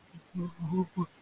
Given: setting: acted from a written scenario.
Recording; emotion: vocal sound without words; fear